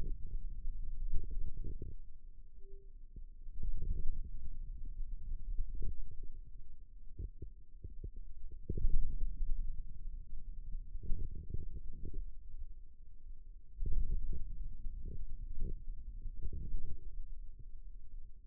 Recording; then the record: forearm muscle sounds (acoustic myography)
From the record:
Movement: radial deviation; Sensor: system 2, bracelet of six BSWA MPA416 microphones around the upper forearm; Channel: 3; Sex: male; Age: 22 years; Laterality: right